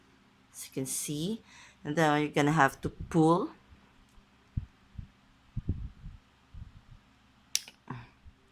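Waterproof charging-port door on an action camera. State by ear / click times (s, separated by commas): released / 7.5 s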